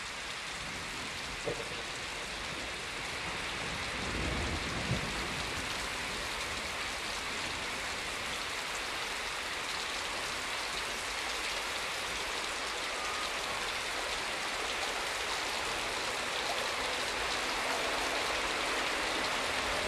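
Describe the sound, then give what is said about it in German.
Steady, dense rain pours down onto a river in an unbroken hiss, with a couple of slightly louder splashes early on and no voices. “Die schwarz glänzenden Geier starrten unbewegt über den Strom hin, der sich im Regen wälzte.”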